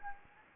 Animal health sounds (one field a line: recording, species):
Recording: mosquito wingbeat signal from an infrared sensor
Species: Anopheles gambiae